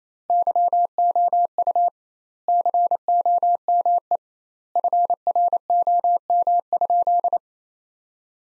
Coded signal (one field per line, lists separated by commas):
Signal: Morse code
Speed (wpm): 28 wpm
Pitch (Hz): 700 Hz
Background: none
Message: YOU COME FROM?